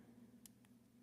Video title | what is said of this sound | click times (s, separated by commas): Traxxas Trx4 Long Arm Lift Kit Install; Complete 1 to 1 "Real Time" Install | which sometimes can be easier said than done there we go we got that snapped into place | 0.5 s